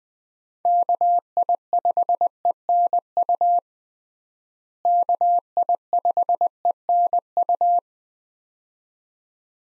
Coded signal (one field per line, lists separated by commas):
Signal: Morse code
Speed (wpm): 20 wpm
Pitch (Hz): 700 Hz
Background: none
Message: KI5ENU KI5ENU